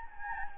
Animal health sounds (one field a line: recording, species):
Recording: mosquito wingbeat signal from an infrared sensor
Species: Anopheles gambiae